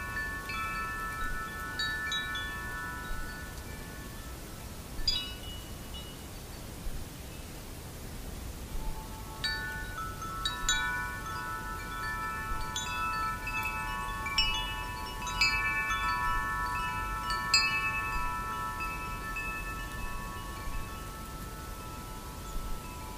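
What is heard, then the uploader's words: Wind chimes ring with clear, bright tones that hang and fade, struck in loose clusters rather than a steady rhythm. There are bursts near the start, a lull around seven to nine seconds, then busier strikes through the middle, over a low, constant rush of wind. Windchime sounds.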